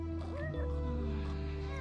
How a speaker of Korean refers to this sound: 그 고양이 데려왔어? 그래, 그냥 비상식량으로 데리고 있게.